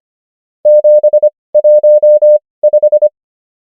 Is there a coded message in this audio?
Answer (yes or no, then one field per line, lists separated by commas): yes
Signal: Morse code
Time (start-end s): 0.7-3.1 s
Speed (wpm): 25 wpm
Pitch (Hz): 600 Hz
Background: none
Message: 715